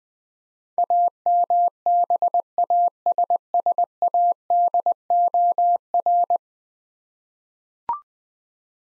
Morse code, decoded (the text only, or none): AMBASSADOR